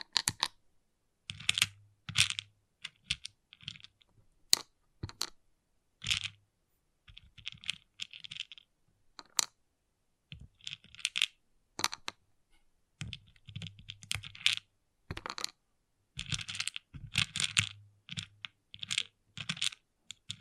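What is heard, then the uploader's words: Small plastic pixel art beads clatter and tick in irregular bursts, dense quick clicking with short pauses and occasional duller low knocks throughout. ASMR Relaxing Pixel Art Beads ( No Talking).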